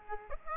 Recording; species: mosquito wingbeat signal from an infrared sensor; Aedes aegypti